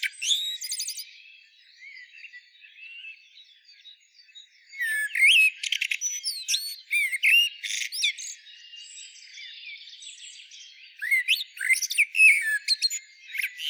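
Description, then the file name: Common blackbird: faint high notes at first, then loud phrases of rising whistled slurs and sharp squeaky twitters, repeated after a quieter gap. "Turdus merula"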